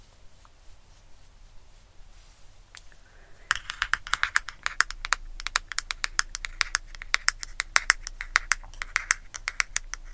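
Close-up tapping on makeup items starts after a quiet first few seconds with only a couple of isolated clicks. From about three and a half seconds, crisp, bright taps come quickly and irregularly, several per second, over a soft low hum.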